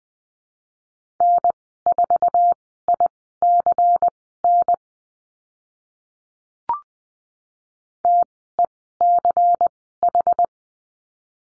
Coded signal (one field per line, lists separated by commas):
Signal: Morse code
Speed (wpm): 20 wpm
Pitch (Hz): 700 Hz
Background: none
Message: N4ICN TECH